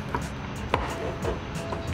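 A plastic license plate light housing on a 1995–2002 BMW 5 Series E39 (4th generation) is pushed into the bumper/trunk lid, wire side first and then forward. A faint tap is heard at 0.1 s, then a sharp snap at 0.7 s as the housing seats.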